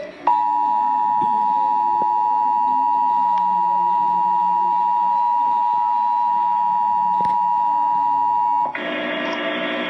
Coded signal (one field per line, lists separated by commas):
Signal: Emergency Alert System (SAME) tones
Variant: 853 and 960 Hz attention tone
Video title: Severe Thunderstorm Warning EAS #105